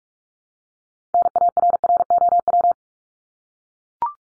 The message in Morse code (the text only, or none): NARROW